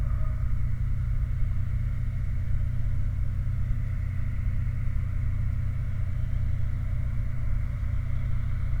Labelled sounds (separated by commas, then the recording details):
machinery
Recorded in the Prudhoe Bay oil fields, Alaska, on 29 July 2019 at 04:48
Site 29